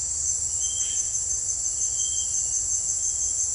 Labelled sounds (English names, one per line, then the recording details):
none
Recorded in dense forest near Puerto Asís, Putumayo, Colombia, on 21 December 2024 at 17:30
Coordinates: 0.485, -76.318
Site GP03